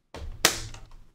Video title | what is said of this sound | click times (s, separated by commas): PS5 2TB NVME UPGRADE - THE EASY WAY | you put it down and you push it that way and you'll hear it snap into place | 0.4 s